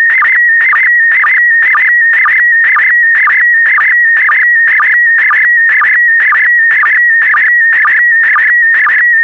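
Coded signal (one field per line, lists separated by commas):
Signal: SSTV (slow-scan television)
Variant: PD120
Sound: continuous warbling whistle around 2 kHz with short low chirps twice a second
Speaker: complete you can now check your decoded image against the picture that is shown on the video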